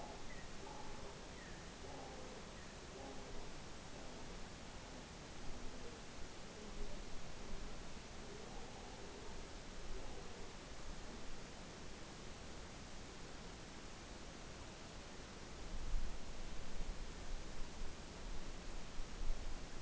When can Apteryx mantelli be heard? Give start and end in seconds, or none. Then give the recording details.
none. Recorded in New Zealand on 14 November 2013. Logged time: 02:19